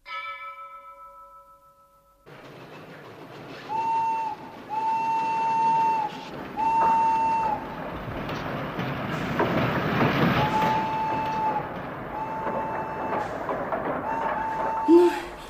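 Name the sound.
train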